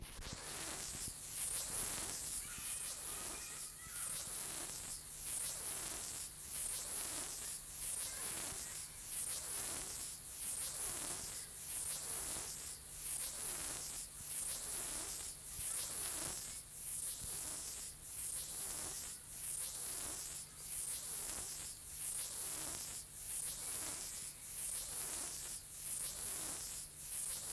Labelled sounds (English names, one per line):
Stripe-winged Grasshopper stridulation